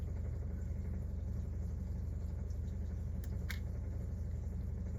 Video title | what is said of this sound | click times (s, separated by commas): Xbox Elite Series 2 Controller Full Refurb - The Amplified Bench | Then this back plate should just gently snap into place. | 3.5 s